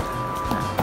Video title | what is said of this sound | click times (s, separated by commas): Cara membersihkan kotoran yang ada di screen Kaset CR FCR Fuji film // Radiologi//Radiografer Vlog | tekan saja kedua ini. Oke. Nah, biar bunyi tek gitu. | 0.8 s